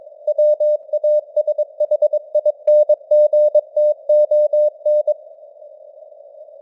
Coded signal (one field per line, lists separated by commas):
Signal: Morse code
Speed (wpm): 22 wpm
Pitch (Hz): 600 Hz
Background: none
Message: WASHINGTON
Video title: Morse Code News | 2025-10-31 | 22wpm